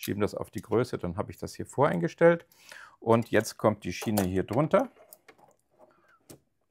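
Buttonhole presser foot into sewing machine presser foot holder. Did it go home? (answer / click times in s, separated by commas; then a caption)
yes / 6.3 s. An automatic buttonhole presser foot, its sliding frame set to the button size, is placed under the presser foot holder of a sewing machine while someone talks. After a few faint clicks and handling sounds, the foot snaps onto the holder with a click at 6.3 s and is seated.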